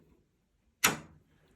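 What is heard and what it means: An embroidery hoop is released from an embroidery machine's carriage by lifting it and squeezing the side clips rather than pulling on the hoop. A single loud, sharp clack sounds at 0.9 s as the hoop unclips and comes out, then fades over the next few tenths of a second against near silence.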